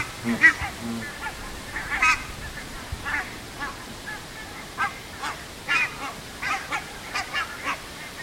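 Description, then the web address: Barnacle goose giving short, sharp yelping honks in scattered bursts over a quieter background of flock calls. "linnut valkoposkihanhet"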